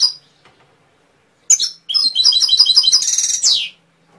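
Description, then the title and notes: Canary giving a short chip, then a two-second run of rapid repeated warbled notes finishing in a dense, buzzing high trill. Canary song, used as masteran training audio for songbirds. "PANCINGAN SUARA MASTERAN KENARI. masteran kicau kenari"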